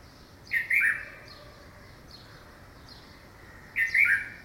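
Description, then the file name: Red-vented bulbul gives two short, bubbly chattering calls about three seconds apart. "Pycnonotus cafer - Red-vented Bulbul"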